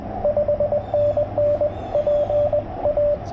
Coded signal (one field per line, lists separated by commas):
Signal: Morse code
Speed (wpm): 22 wpm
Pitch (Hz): 590 Hz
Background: radio noise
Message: 5NN PA